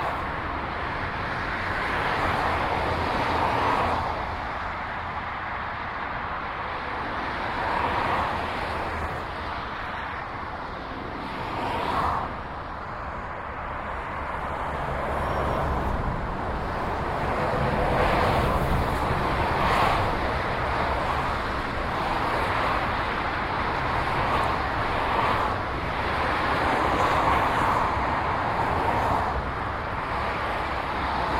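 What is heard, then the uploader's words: Continuous motorway traffic roars from below, a dense steady wash with individual vehicles swelling past every few seconds, tyre hiss bright and prominent. Motorway Traffic. Walking over the M5 flyover on Tithebarn Lane Exeter, Devon. A binaural field recording.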